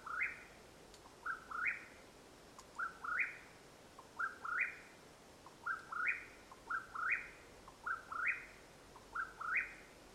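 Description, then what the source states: Mexican whip-poor-will repeating a burry phrase that climbs in two steps, several times in a steady rhythm, with a couple of faint clicks early on. Call at nightfall in Madera Canyon, Arizona, USA, 21 April 2022.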